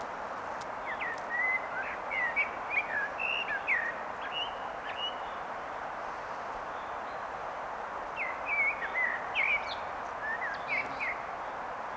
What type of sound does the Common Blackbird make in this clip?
song